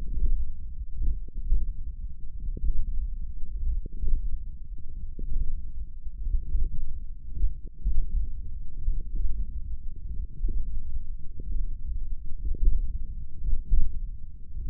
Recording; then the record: forearm muscle sounds (acoustic myography)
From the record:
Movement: hand closing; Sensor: system 1, eight BSWA MPA416 microphones around the upper forearm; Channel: 5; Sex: female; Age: 20 years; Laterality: right